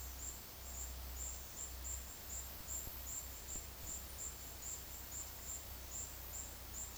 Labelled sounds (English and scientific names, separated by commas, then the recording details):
none
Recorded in dense forest near Puerto Asís, Putumayo, Colombia, on 21 February 2024 at 13:30
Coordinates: 0.485, -76.322
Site G6406